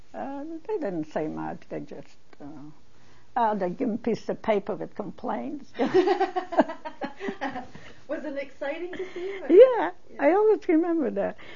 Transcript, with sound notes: They didn't say much, they just, uh, they give him a piece of paper with complaints. (She laughs.)
Was it exciting to see him, or--
Yeah. I always remember that.